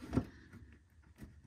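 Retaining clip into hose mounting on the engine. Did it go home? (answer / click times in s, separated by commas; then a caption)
no / none. Retaining clips for the coolant hose on a 2001–05 Duramax engine are handled and pushed back down into their holes in the hose mounting during a water pump and thermostat replacement. A short burst of handling noise is heard near 0.2 s, followed by faint scrapes and light knocks. Nothing has seated or clicked yet.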